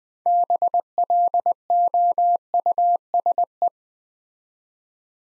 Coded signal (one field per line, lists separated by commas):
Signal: Morse code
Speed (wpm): 20 wpm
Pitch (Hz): 700 Hz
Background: none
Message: BLOUSE